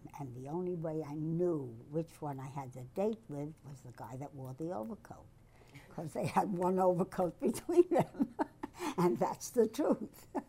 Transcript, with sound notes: And the only way I knew which one I had the date with was the guy that wore the overcoat, because they had one overcoat between them. [laughs] And that's the truth.